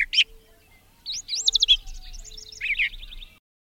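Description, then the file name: Brown thrasher giving two loud chirps, followed by a rapid string of rising sweeps that turns into a buzzy, rattling trill. "suara-kicauan-brown-thraser omkicau"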